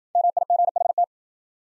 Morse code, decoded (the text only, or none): MIGHT